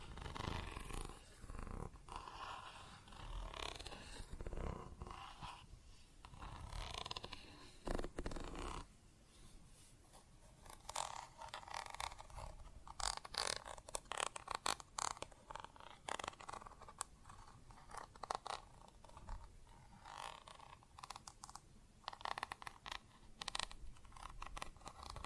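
Plastic objects tap and scratch in irregular bursts, with dense rustling scrapes early on and sharper, sparser clicks and taps later.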